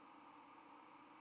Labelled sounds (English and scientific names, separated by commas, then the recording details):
White-throated Sparrow (Zonotrichia albicollis) flight call
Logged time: 06:10 on 31 October 2014